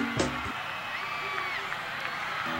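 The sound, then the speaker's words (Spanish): A stadium crowd at the Estadio Nacional in Santiago de Chile in 1997 shouts and roars in a steady, dense wash of voices, with a brief louder burst near the start and the noise holding strong throughout. “Estos gritos ya me dicen algo, ¿eh?”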